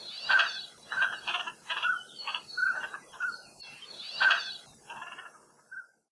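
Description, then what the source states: Northern Pintail calls: a run of short, duck-like notes, fading out at the end. Winter migratory duck in Hawaii, arriving every August with the trade winds and making duck-like calls; Hawaiian name koloa māpu means windblown duck.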